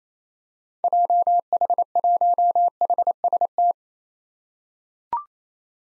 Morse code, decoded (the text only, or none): JH1HST